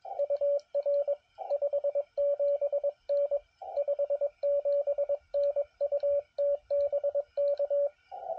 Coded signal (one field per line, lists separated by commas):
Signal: Morse code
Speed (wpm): 21 wpm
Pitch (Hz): 570 Hz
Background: radio noise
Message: UR 57N 57N UT BK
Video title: POTA Activation at Uinta National Forest